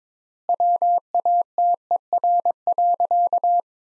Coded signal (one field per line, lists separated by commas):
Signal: Morse code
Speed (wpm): 22 wpm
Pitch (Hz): 700 Hz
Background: none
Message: WATER.